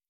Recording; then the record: hydrophone in a shrimp aquaculture tank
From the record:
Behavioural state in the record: feeding